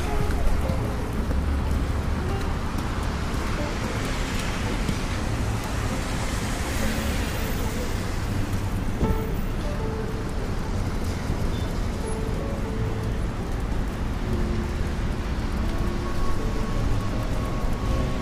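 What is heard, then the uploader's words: A rainy day in New York: a dense, steady wash of rain and traffic hiss fills the whole stretch, heavy in the low rumble. Passing vehicles swell and fade, brightest around seven seconds, with faint voices and brief tonal squeals scattered through. Raining Day In New York.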